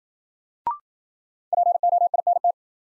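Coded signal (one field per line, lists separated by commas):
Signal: Morse code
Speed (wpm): 53 wpm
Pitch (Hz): 700 Hz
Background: none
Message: POINT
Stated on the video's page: New-word head-copy drill at 55 wpm: each word sent in Morse, spoken, then sent again.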